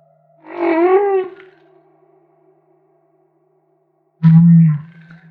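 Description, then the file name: Humpback whale song: a wavering harmonic moan, then silence, then a low, deep grunt that is briefly loud. Maui. "Humpback Whale - Maui Whale One"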